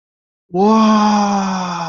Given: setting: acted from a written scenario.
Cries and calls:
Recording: vocal sound without words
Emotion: awe

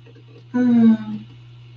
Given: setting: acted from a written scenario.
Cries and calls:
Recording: vocal sound without words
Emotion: ecstasy

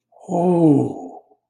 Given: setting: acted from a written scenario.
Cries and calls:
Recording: vocal sound without words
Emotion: ecstasy

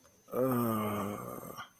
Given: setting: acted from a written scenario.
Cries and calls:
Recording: vocal sound without words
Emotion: sadness

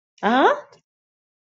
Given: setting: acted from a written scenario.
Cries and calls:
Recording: vocal sound without words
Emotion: confusion

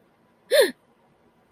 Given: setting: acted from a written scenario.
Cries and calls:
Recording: vocal sound without words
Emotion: negative surprise

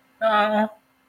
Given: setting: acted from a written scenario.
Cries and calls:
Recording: vocal sound without words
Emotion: sadness

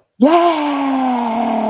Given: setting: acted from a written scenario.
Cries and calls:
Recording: vocal sound without words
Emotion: triumph

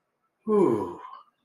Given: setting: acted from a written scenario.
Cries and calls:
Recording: vocal sound without words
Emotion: ecstasy

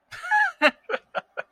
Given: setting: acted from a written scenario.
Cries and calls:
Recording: vocal sound without words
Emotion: amusement

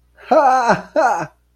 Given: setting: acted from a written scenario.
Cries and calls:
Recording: vocal sound without words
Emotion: amusement

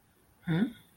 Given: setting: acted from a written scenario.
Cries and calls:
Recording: vocal sound without words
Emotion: confusion

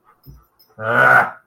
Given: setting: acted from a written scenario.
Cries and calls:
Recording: vocal sound without words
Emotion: anger

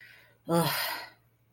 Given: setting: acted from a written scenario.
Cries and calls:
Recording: vocal sound without words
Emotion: contempt

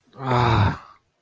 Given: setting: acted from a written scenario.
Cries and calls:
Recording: vocal sound without words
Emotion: distress

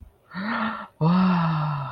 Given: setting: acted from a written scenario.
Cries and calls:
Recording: vocal sound without words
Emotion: positive surprise

